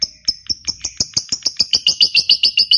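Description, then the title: Lovebird song, a quick series of high clicking chirps, speeding up slightly at first and then running on steadily. Lovebird described as reluctant to sing, prompted into spontaneous, excited singing. "LOVEBIRD Malas Bunyi JADI GREGET SPONTAN Langsung NARIK"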